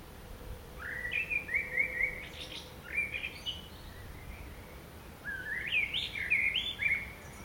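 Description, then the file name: Common blackbird singing two flowing, rising-and-falling warbled phrases with high squeaky endings. "Turdus merula"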